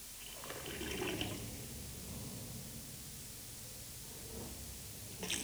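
Tap water, most likely surface water from rivers and lakes, pours into a glass in a steady, hissing rush that swells briefly near the start and holds evenly for several seconds, with no voices.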